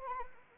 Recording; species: mosquito wingbeat signal from an infrared sensor; Anopheles arabiensis